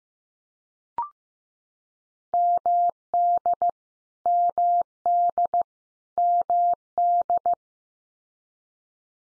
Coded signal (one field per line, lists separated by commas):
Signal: Morse code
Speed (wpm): 15 wpm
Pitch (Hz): 700 Hz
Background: none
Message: MD MD MD